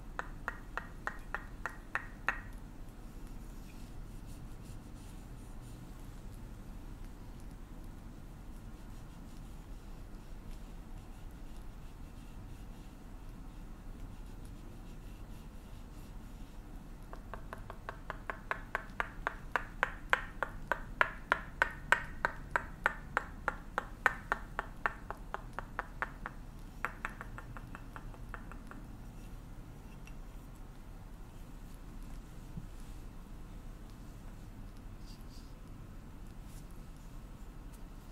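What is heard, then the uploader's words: Tok Sen massage with a wooden hammer, heard as bursts of fast, even tapping: a short run in the first couple of seconds, then a longer, louder stretch from about 17 to 29 seconds. A steady low rumble runs underneath the whole time. Tok Sen Thai hammer back and neck massage.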